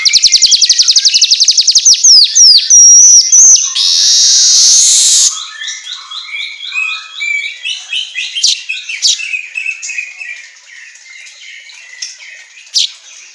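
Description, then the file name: Asian golden weaver song: rapid high rattle, slurred squeaks, a loud hissing wheeze, then softer twittering and occasional sharp chips for several seconds. Manyar kepala emas singing energetically (auto gacor). "Suara Kicau Manyar Kepala Emas Auto Gacor"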